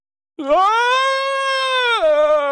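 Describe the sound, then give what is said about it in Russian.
A wild scream of pain: one loud, sustained cry that bursts out suddenly, climbs in pitch, holds for about two seconds, then sags lower near the end, heard alone. “Раздался дикий крик, который тут же слился с испуганными воплями горе-грабителей, когда Аркан и Йорин взялись за них вместе.”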